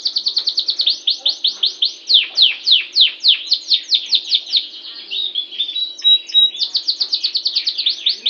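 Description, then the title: Yorkshire canary singing continuous rapid trills of downward-sweeping notes, a softer passage midway, then another quick rolling trill; faint steady hum behind. Singing vigorously (gacor). "Kenari Yorkshire FOI. HnR Kenari Sby"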